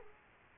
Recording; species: mosquito wingbeat signal from an infrared sensor; Aedes aegypti